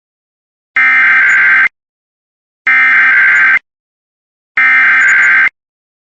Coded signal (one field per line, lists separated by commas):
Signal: Emergency Alert System (SAME) tones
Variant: header bursts